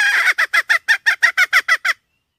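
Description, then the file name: Red junglefowl hen gives a harsh squawk followed by about ten quick, evenly spaced clucks, then stops. "tieng ga mai rung"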